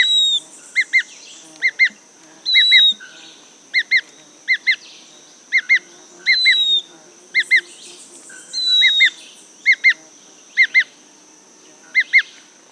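Bird giving crisp double chips at irregular intervals, interspersed with short falling whistles; a constant high buzzing drone runs underneath throughout.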